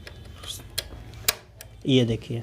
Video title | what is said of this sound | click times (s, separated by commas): Silai machine setting / silai machine bobin lagane ka tarika / sewing machine | cut की आवाज आई है तभी आप समझ लीजिए यह लग गई है | 1.3 s